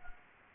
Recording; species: mosquito wingbeat signal from an infrared sensor; Anopheles gambiae